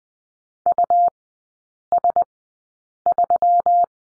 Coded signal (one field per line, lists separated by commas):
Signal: Morse code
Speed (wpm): 20 wpm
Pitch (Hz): 700 Hz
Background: none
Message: US3